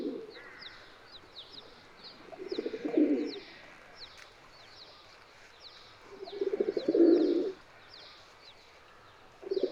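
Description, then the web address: Domestic pigeon (Ra'bi breed): domestic pigeon cooing in low, swelling, throaty phrases, two full ones and two cut at the edges, amid persistent high chirps of other birds. "صدای-کبوتر-راعبی"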